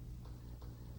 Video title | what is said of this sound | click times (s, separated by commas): FoodSaver Compact II video users guide (VHS) | they will lock into place | 0.6 s